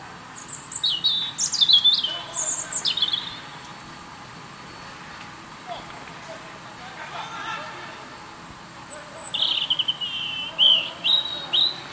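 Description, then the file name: European robin singing high, tinkling phrases of quick notes and thin whistles, one burst at the start and another near the end after a quiet gap. "Erithacus rubecula"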